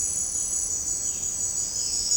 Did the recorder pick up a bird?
no